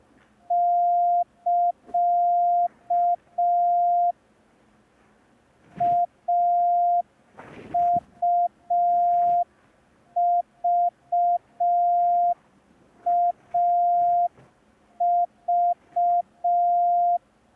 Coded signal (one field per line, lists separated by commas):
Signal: Morse code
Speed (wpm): 5 wpm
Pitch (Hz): 700 Hz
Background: none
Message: <KA> AUVAV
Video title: Learn Morse Code in 10 Days (Day 1) – ASOC Tutorials India